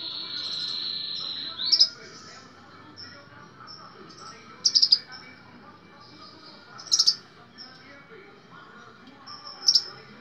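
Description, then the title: Small bird repeating short, sharp high chirp bursts roughly every two to three seconds, with a sustained high whine at the start. "Burung Kecil"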